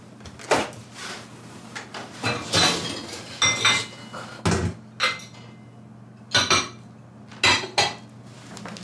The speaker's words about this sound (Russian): В это время девушка пытается открыть посудомоечную машину.